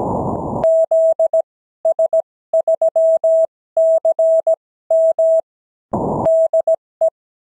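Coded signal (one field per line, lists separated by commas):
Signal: Morse code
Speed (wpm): 16 wpm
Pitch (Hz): 650 Hz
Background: none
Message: ZS3CM DE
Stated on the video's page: Real amateur Morse code QSOs.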